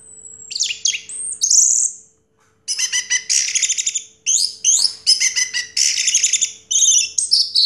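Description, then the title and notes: Orange-headed thrush singing a fast, high medley of chattering notes, slurred whistles and trills, with a brief silent gap. Singing in the teler style, described as clear-voiced; part of a complete collection of its song. "Anis Merah Teler Suara Jernih. kumpulan suara anis merah lengkap"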